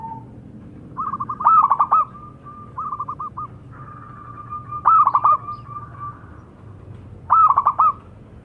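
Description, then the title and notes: Zebra dove giving three short bursts of quick rolling coos, separated by softer coos. Zebra dove (perkutut) lure call, calling actively and loudly (gacor). "Pancingan Perkutut. Suara Burung Perkutut Gacor"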